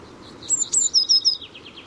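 Eurasian blue tit song: a short series of thin, very high, downslurred notes, trailing off into fainter, lower repeated notes.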